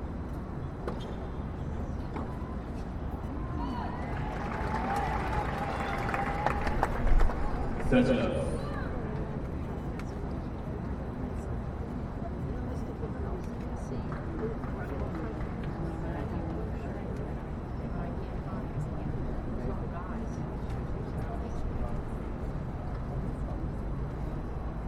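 Crowd murmur at the US Open tennis championships, a steady dense babble of many voices throughout. Around five to eight seconds the chatter swells, with a brief louder burst of cheering and a short tonal squeal near eight seconds before settling back.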